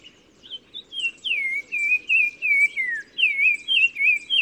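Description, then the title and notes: Black-crowned tchagra singing a repeated phrase of rich whistled notes, each swooping downward, the series falling in pitch and then starting again higher, with little background. Recorded 15 March 2000 in spring at Oued Massa, Morocco, in gardens around Zaouit Massa village at the river mouth; sings in hedges and bushes a repeated phrase; Nagra Ares BB, Telinga pro6. "OISEAU TELEPHONE. 15 mars 2000-Oued Massa - Maroc. le Téléphone tchagra (Tchagra senegalus - Black-crowned Tchagra) qui se fait remarquer par sa phrase répétée du plus bel effet"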